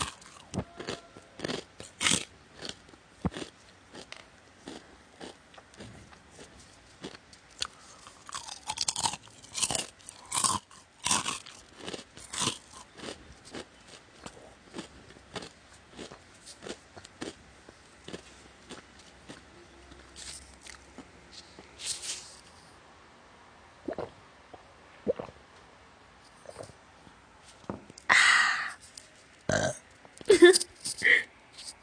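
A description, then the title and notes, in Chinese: Chewing sounds, crisp bites and wet crunches coming in quick irregular bursts, with short pauses and a few louder bites near the end. 咀嚼的聲音。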